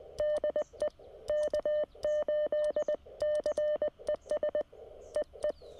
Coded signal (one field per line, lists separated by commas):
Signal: Morse code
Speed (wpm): 20 wpm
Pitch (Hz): 600 Hz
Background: none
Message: DE K8CES EE